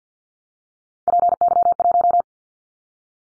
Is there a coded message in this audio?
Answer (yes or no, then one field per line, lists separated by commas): yes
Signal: Morse code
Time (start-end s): 1.1-2.2 s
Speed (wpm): 48 wpm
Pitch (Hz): 700 Hz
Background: none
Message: PY1